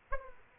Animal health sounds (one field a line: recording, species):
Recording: mosquito wingbeat signal from an infrared sensor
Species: Aedes aegypti